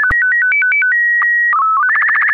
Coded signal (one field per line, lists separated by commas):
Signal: SSTV (slow-scan television)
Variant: Robot BW 8